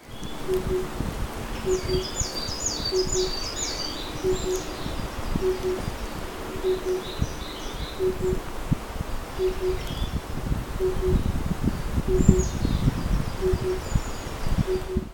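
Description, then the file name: Oriental cuckoo song: low, hollow paired hoots repeated steadily, while other birds chirp and trill much higher over a noisy background. "tutudori"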